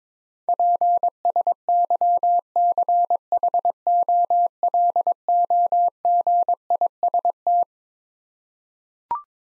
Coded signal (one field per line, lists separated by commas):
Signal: Morse code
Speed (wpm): 22 wpm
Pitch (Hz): 700 Hz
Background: none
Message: PSYCHOLOGIST